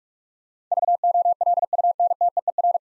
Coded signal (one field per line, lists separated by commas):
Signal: Morse code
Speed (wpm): 46 wpm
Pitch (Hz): 700 Hz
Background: none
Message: VOLUNTEER